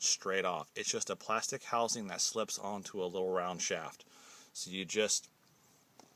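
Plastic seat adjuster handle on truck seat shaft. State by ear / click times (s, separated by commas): released / 6.0 s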